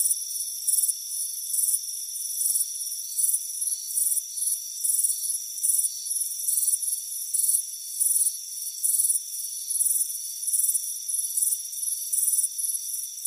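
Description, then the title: Shrill cricket chirps pulse at a steady pace over a smooth, unbroken insect drone. Warm afternoon on a front porch. "Soothing Crickets Chirping Sound"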